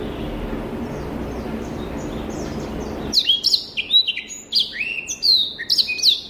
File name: Rüppell's-warbler